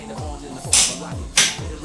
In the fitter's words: TONE's torque wrench clicks. The sound is very pleasant